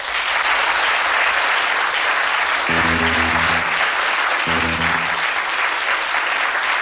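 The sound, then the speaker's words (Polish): Steady, dense applause from an audience for the new drummer of a band, playing with them for the first time on Polish Radio Trójka, fills the whole clip at an even loudness, with two short low humming tones rising briefly beneath the clapping midway through. “Poproszę o gromkie brawa dla niego, ponieważ pierwszy raz gra z nami i od razu w trójce.”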